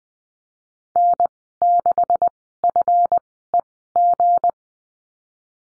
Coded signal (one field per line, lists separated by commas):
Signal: Morse code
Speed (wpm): 20 wpm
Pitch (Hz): 700 Hz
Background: none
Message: N 6 F E G